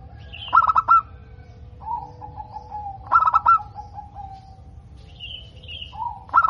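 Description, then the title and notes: Zebra dove: two clipped, stuttering coo phrases with a low trailing coo between them and the start of a third at the end, plus brief higher whistles from another bird. Local perkutut, described as gacor (singing frequently) with a loud, clear 'crystal' voice. "PERKUTUT LOKAL GACOR Suara KRISTAL LANTANG. Kicau Burung Perkutut"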